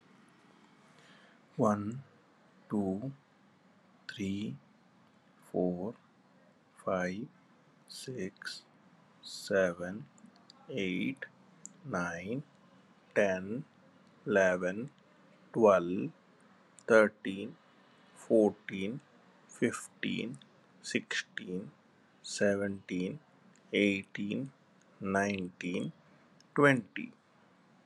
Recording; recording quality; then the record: counting at a normal pace; excellent, no background noise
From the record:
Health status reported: COVID-19 positive, moderate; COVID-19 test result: positive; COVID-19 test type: RT-PCR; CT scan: not taken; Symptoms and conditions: cough, sore throat, fever, fatigue, muscle pain, another condition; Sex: male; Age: 48 years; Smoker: no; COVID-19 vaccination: both doses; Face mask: worn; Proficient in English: yes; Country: India